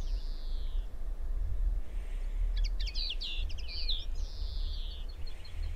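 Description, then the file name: Common linnet song: drawn-out descending whistles around a short burst of fast, buzzy twittering notes, over steady low rumbling background noise. "Common Linnet Singing"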